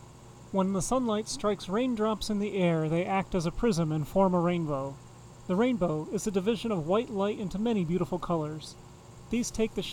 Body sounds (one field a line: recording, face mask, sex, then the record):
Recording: reading aloud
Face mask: none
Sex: male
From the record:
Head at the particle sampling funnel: facing it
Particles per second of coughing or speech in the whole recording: 0.821